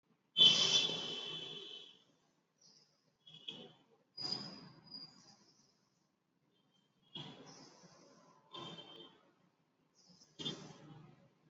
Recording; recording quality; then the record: deep breathing; moderate, slight background noise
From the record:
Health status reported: exposed to COVID-19, no respiratory illness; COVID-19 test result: not tested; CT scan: not taken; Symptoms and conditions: cough, cold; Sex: female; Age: 18 years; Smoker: yes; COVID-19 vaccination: both doses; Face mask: worn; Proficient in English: yes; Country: India